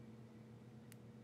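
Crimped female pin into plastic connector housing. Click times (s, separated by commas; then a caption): 0.9 s. A crimped female pin is pushed into its plastic connector housing over a steady low hum, and it seats with a single short, sharp click at 0.9 s. The pin is confirmed seated in the housing.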